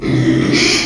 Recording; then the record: squeal of a Yucatan mini pig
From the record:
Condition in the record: after surgery on the right vocal fold (resection and tissue-engineered implant); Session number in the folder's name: 2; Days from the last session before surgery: 13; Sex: male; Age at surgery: 12 weeks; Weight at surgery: 13 kg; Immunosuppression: cyclosporine, prednisolone